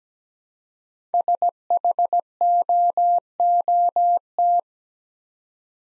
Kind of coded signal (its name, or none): Morse code